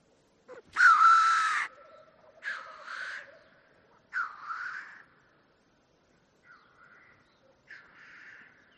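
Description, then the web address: Black grouse hissing, one loud rasping hiss followed by several softer wheezy ones, with a faint low bubbling underneath at first. "ptitsa-teterev-variant-2"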